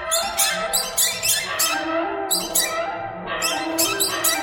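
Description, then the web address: Birds giving high squeaky chirps in short bursts, several quick notes in a row with a few lower tonal calls underneath. "soundfactory birds"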